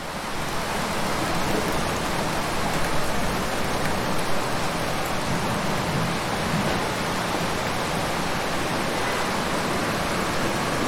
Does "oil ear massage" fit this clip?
no